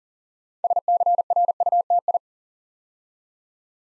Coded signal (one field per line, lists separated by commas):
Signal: Morse code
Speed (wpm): 40 wpm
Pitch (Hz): 700 Hz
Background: none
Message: SCRUTI